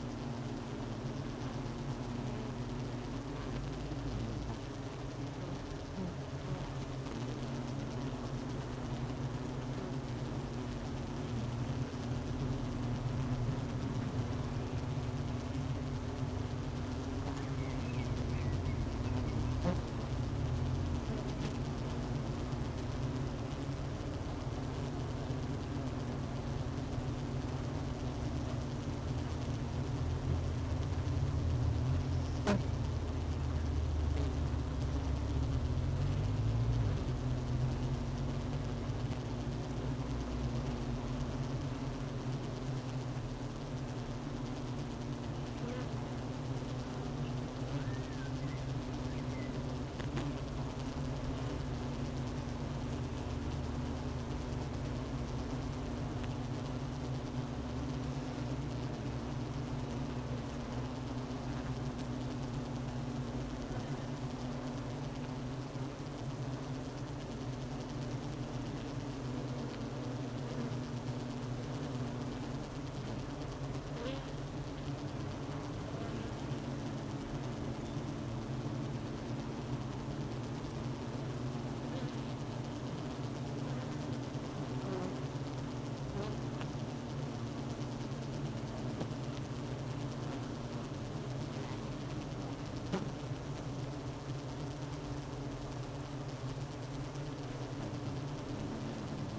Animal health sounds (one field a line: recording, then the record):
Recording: honeybee colony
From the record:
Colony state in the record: missing queen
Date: 31 May 2018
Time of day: 12:32